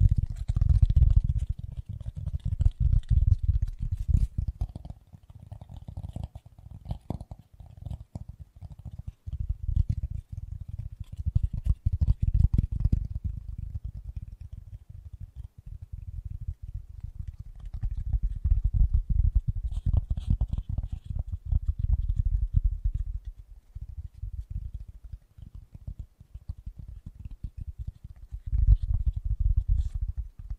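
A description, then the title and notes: Fast, gentle tapping runs through the whole clip, a dense low patter of soft strikes with quick clicks on top. It thins and quiets from about 13 to 18 seconds, then builds again with heavier bursts near 20 and 29 seconds. ASMR Fast & Gentle Tapping for Sleep 1 Hour (No Talking).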